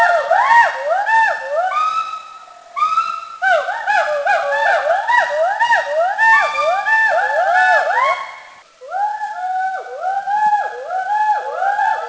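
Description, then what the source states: Mishmi hoolock gibbons calling together, overlapping rising-and-falling whoops repeated rapidly, with a brief pause before the calls resume. Recorded in India.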